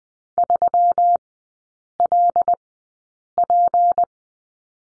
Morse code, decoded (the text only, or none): 3LP